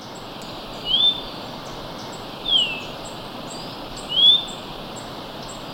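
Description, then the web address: Orange-bellied euphonia calls, a clear high whistled note, slightly slurred, given three times about every one and a half seconds, over a steady background hiss. Ecuador. "Natures Songs S America Birds of Ecuador Orange-bellied Euphonia"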